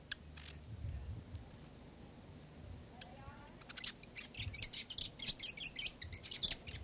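New Zealand fantail song: after scattered faint ticks, a fast rhythmic run of high, squeaky cheeping notes builds in the second half, with low background noise throughout.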